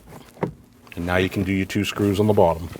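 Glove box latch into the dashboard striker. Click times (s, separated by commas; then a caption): 0.4 s. The plastic glove box of a 2012-2016 Honda CR-V is closed during a cabin air filter replacement, and its latch catches in the dashboard striker with a single sharp click at 0.4 s. The glove box is seated and latched, and then someone talks.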